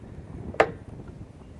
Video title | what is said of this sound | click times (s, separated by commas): MAKITA 18v X2 36v Brushless 18" Lawn Mower vs. Tall Grass and Weeds | push it in - you hear a click you're | 0.6 s